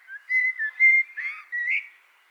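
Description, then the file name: Eurasian blackbird song: a short run of mellow, fluted whistles near one pitch, with a brief rising squeaky note near the end, then silence. "Turdus merula"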